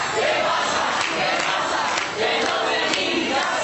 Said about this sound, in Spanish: Al grito de qué pasa, que no tenemos casa, suben las escaleras del centro. Llevan pancartas con referencias a los precios de los pisos y a las políticas de vivienda.